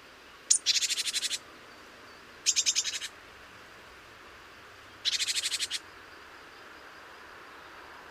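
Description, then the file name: Great tit uttering three dry, rapid, rasping rattles, each under a second long, over faint background hiss. "Parus major"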